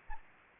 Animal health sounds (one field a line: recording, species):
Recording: mosquito wingbeat signal from an infrared sensor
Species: Anopheles gambiae